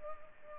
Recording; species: mosquito wingbeat signal from an infrared sensor; Culex pipiens